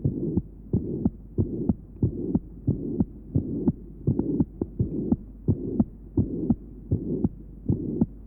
Patient has mitral insufficiency. Note the grade 4/6 pansystolic murmur at the mitral area.